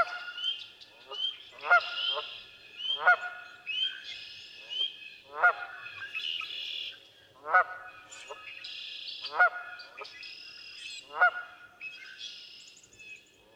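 Canada goose honking, several loud nasal honks at uneven intervals, with higher whistled bird calls in the background.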